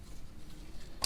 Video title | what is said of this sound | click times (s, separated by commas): Slammed Sierra 4.3 to 5.3 swap Part 8 (Will it even Start?) | actually it's not seated all the way | 1.0 s